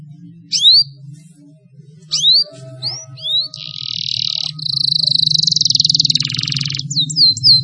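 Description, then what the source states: Atlantic canary singing a varied high song: sharp rising chirps, then long buzzy trilled phrases and a final few quick upswept notes, with a low steady hum underneath. Lure recording used for training birds.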